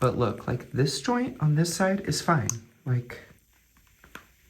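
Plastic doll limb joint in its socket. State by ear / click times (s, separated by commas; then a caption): seated / 4.0 s, 4.1 s. Someone talks, then a stiff plastic limb joint on a G3 Signature Catty Noir Monster High doll is bent by hand in its socket. It gives two small, sharp clicks at 4.0 and 4.2 seconds as it seats into place. The joint is stiff but still moves.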